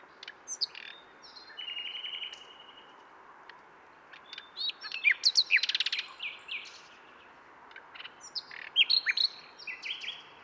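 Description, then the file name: Common nightingale delivering varied phrases: whistles, a dense rattling trill, and quick repeated notes, with steady background hiss. "Luscinia megarhynchos"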